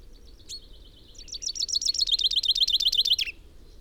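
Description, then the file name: Common chaffinch phrase: a thin introductory note, then a rapid series of bright repeated notes ending in a short downward flourish, over a low background rumble. "Fringilla coelebs"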